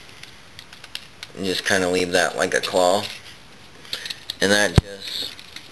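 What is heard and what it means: A plastic limb piece of a combining robot toy is handled and pushed toward position on the combiner robot body during transformation. Someone talks over small scattered plastic ticks and taps. The piece has not popped into place yet, and nothing has seated or clicked.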